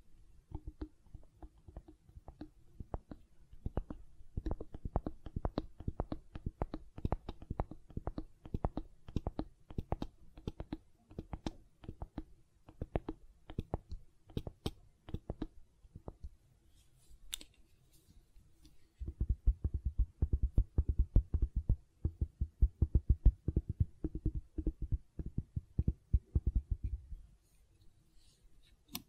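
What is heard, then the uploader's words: Gentle silicone sounds: dense, rapid soft clicks and taps with a low thudding body, easing mid-clip before growing busier after twenty seconds. ASMR Gentle Silicon Sounds for Sleep (No Talking).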